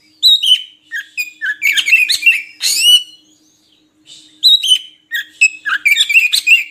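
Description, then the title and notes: Oriental magpie-robin song of quick, varied whistles and chattering notes, with a brief pause before a fresh burst. Long-duration magpie-robin (kacer) song used as training material (isian) to get birds singing actively (gacor) day and night. "Kacer Jadi Gacor Siang Malam. Isian Kacer Durasi Panjang"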